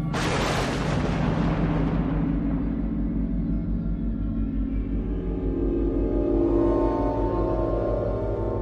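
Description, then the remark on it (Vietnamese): A loud thunderclap from the sky bursts open with a sharp crack, amid flashes of lightning heralding a heavy rainstorm, then rolls into a long, low rumble that churns on steadily for several seconds without fading much, no voices present. “Chợt từ phía trên bầu trời, một tiếng sét đinh tai vang dội khiến cho Quanh giật mình bừng tỉnh giữa cơn mê.”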